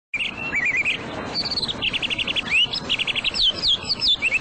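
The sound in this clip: Hwamei song: clear whistled trills and quick repeated notes, rising slurs and sharp downward sweeps in fast varied succession.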